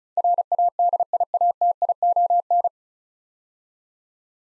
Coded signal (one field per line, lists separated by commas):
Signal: Morse code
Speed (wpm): 36 wpm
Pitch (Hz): 700 Hz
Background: none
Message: RADIATION